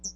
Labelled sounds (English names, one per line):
Hooded Warbler flight call